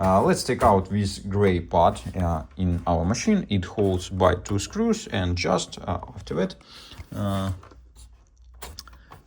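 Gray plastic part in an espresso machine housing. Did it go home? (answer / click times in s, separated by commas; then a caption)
yes / 8.8 s. Someone talks while working on a Miele 6160/6360 espresso machine; after its two screws are removed, the gray plastic part inside the machine housing is pushed into place. A few short clicks and knocks follow the speech, with the part clicking into place at 8.8 s, seated.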